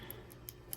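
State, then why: Seated. A valve cover bolt with its retaining grommet is pressed into the rear plastic valve cover of a 2006 Ford Fusion 3.0 V6 so it is held in place before tightening. Short, sharp high-pitched ticks sound over a low steady hum, with the strongest snaps at 0.5 s and 0.7 s. The bolt snaps in and is seated.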